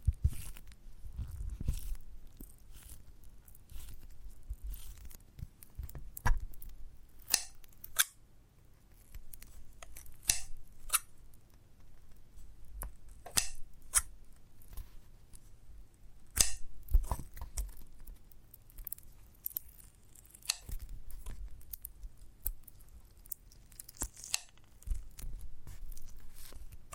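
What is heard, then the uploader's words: Giant gummy bear ASMR: irregular sharp clicks, tearing and chewing bursts scattered throughout, with soft low thumps and a quiet hiss between them. ASMR of a Giant Gummy Bear (No Talking).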